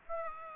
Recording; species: mosquito wingbeat signal from an infrared sensor; Aedes aegypti